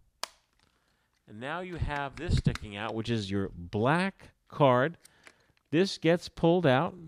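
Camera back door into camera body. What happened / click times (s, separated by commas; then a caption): The plastic back door snapped shut and latched / 0.2 s. The plastic back door of a vintage Polaroid Big Swinger instant camera is closed over the loaded film pack and latches shut with a single loud snap at 0.2 s. Someone then talks for the rest of the clip.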